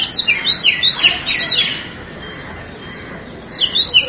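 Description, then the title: Oriental magpie-robin giving several crisp whistled notes, falling silent for about two seconds, then resuming with a brief burst of chirpy phrases. "Kacer"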